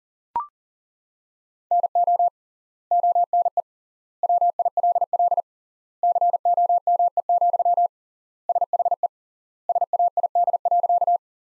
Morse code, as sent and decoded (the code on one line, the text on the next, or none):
-. --- / --- -. . / .-- .. .-.. .-.. / -.-. --- -- . --..-- / ... .... . / ... .- .. -.. .-.-.-
NO ONE WILL COME, SHE SAID.